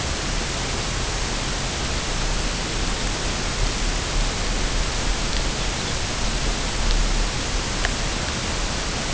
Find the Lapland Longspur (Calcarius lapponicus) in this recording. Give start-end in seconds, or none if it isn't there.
5.50-5.96